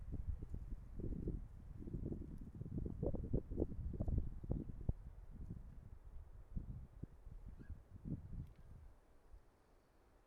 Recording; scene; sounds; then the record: everyday scene through a hearing-aid microphone; wind on the microphone; wind, traffic, birds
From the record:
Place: suburban garden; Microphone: behind the ear, right, rear